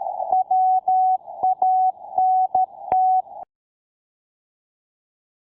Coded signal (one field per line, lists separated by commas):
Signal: Morse code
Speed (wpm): 13 wpm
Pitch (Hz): 750 Hz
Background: none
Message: WANT